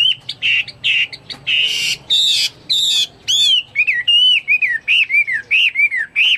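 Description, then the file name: Chinese hwamei song opening with harsh buzzy bursts, then clear rising-and-falling whistled notes repeated in quick succession. "omkicau hwamei"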